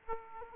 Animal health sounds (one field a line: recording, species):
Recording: mosquito wingbeat signal from an infrared sensor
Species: Aedes aegypti